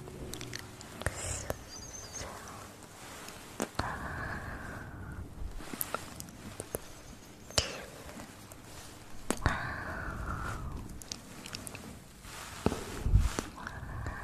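Mouth sounds: wet clicks, smacks and chewing-like crackles arrive irregularly, a few every second. Sharp pops stand out near 1, 3.5, 7.5, 9.5 and 13 seconds, with soft airy hissing stretches between them.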